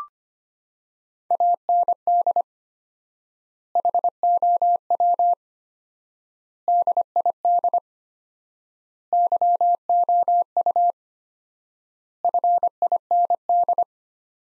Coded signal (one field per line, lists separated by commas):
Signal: Morse code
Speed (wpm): 25 wpm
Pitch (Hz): 700 Hz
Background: none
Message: AND HOW DID YOU FIND